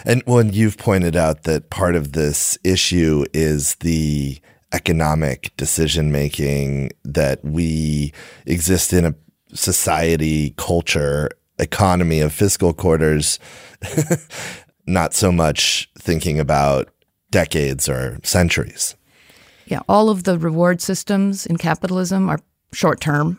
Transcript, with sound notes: Well, and you’ve pointed out that part of this issue is the economic decision-making that we exist in, a sort of society culture economy of fiscal quarters, [laughs] not so much thinking about decades or centuries.
Yeah, all of the reward systems in capitalism are short-term.